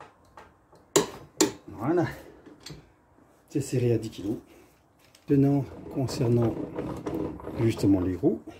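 A torque wrench set to 10 kg tightens a bolt on a lawn mower during a complete overhaul. The wrench gives two sharp, very short clicks at 1.0 s and 1.4 s, showing it has reached the setting. Someone talks for the rest of the clip.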